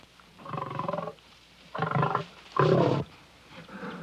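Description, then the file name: Lion giving a series of four deep, throaty grunting roars of uneven spacing, the third loudest, the last cut off at the end. "Sony Music Special - Lion"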